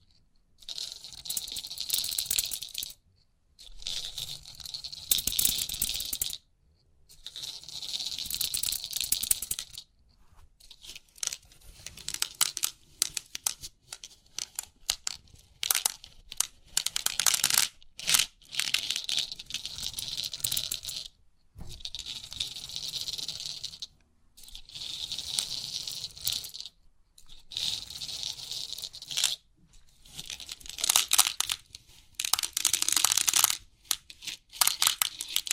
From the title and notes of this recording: Crisp 3D Pin Art Tingles(No Talking).